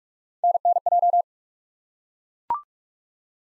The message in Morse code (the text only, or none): NNJ